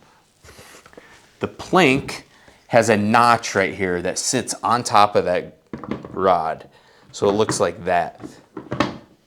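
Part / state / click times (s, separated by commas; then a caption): training plank notch onto tilt stand rod / seated / 8.8 s. Someone talks while setting the notch of a wooden training plank down onto the metal rod in the top setting of a Cato tilt stand. A short burst of thuds follows, and the loudest hit at 8.8 s is the plank landing home and locking into place.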